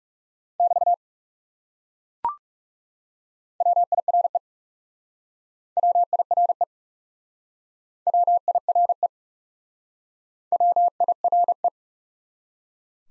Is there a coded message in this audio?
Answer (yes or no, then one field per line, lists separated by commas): yes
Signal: Morse code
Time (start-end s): 0.6-11.7 s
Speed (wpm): 37 wpm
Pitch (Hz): 700 Hz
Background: none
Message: <BT> WIRE WIRE WIRE WIRE